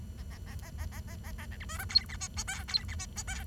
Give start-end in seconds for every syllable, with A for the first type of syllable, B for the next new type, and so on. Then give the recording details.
0.18-0.22 A, 0.31-0.38 A, 0.47-0.55 A, 0.62-0.70 A, 0.78-0.85 A, 0.92-1.00 A, 1.07-1.16 A, 1.24-1.32 A, 1.38-1.46 A, 1.51-1.57 B, 1.60-1.65 C, 1.69-1.78 D, 1.78-1.85 E, 1.89-2.05 F, 2.09-2.16 G, 2.20-2.28 H, 2.37-2.43 I, 2.47-2.63 J, 2.68-2.84 F, 2.88-2.95 G, 2.98-3.06 H, 3.16-3.23 I, 3.27-3.44 J. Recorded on 23 June 2012 at 08:51. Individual gr41rd51